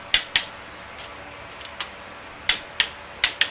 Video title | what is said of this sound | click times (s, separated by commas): Part #9 of 20 Chevy BBC Hi-perf Engine Rebuild 454 continue install pistons and torque rod bearings | hear the wrench click that's tight enough that's right at 50 lb | 3.4 s